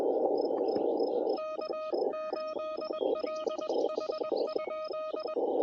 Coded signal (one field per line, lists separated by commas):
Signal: Morse code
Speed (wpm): 21 wpm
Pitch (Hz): 1250 Hz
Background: radio noise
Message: K8LH?